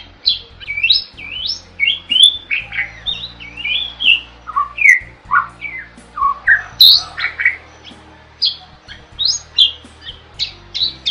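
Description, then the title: Bird song, a fast jumble of harsh squawky notes and rising chirps around the upper-middle pitch, delivered in bursts with a faint low hum beneath. Masteran recording made for training songbirds. "Master Burung Jos"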